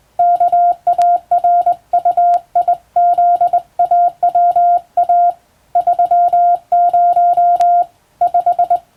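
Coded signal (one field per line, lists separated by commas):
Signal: Morse code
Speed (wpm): 22 wpm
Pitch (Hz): 700 Hz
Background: none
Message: KARUIZAWA 30 5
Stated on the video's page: Morse sending practice on a hand key by a first-class radiotelegraph operator, using a standard telegram-sending practice book.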